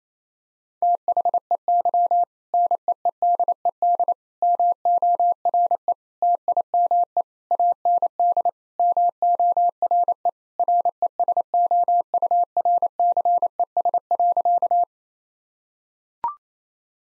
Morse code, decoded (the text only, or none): THEY NEEDED MORE TIME AND MORE RESOURCES.